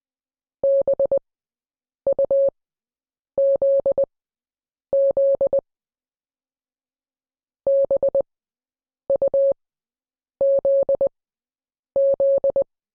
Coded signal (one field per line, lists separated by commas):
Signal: Morse code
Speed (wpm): 20 wpm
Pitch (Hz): 550 Hz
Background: none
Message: BUZZ BUZZ